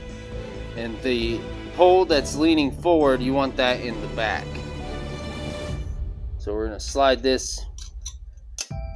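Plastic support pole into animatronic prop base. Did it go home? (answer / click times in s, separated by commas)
yes / 8.1 s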